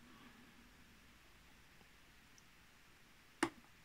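A self-tapping screw is turned counterclockwise in the plastic housing of a Parkside automatic garden watering timer so it finds its original thread instead of cutting a fresh one. After quiet near-silence with a faint tick at 2.4 s, a sharp click sounds at 3.4 s as the screw drops into the existing thread. The screw is then ready to be tightened clockwise.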